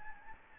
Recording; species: mosquito wingbeat signal from an infrared sensor; Anopheles gambiae